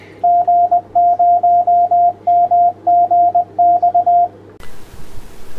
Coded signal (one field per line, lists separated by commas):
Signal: Morse code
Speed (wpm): 20 wpm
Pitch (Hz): 700 Hz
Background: radio noise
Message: G0MGX